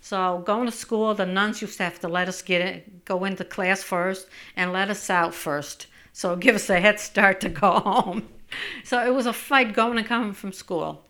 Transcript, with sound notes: So going to school the nuns used to have to let us go into class first and let us out first so it would give us a head start to go home. ( she laughs ) So it was a fight going and coming from school.